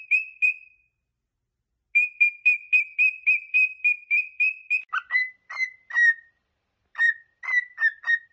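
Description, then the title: Cockatiel giving a quick run of short, even whistled notes, then lower, slightly sliding whistles in small groups, with a brief silence near the start. Several cockatiels, singing and whistling. "Calopsitas Cantando Assobio"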